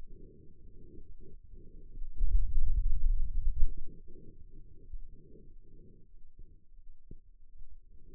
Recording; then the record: forearm muscle sounds (acoustic myography)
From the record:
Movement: hand opening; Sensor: system 2, bracelet of six BSWA MPA416 microphones around the upper forearm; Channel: 4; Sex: male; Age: 22 years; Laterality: right